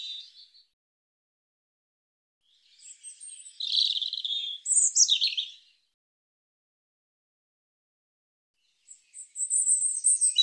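European robin with high, varied warbling song: a short note, a quiet gap, a long tinkling phrase of trills and thin whistles, then another phrase starting after a pause.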